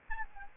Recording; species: mosquito wingbeat signal from an infrared sensor; Aedes albopictus